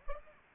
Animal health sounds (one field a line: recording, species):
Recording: mosquito wingbeat signal from an infrared sensor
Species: Aedes aegypti